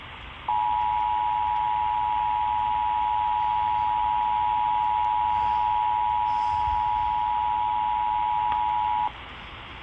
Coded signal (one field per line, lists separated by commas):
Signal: Emergency Alert System (SAME) tones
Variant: 853 and 960 Hz attention tone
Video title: Amber Alerts and NOT ANY THUNDER ALERTS… (FOUND SAFE) [EAS #565-569]